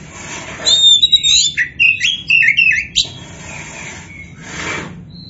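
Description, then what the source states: Oriental magpie-robin pours out a quick mix of whistles and chirps, with brief noise bursts before and after the phrase. Kacer poci variety, described as gacor (singing actively).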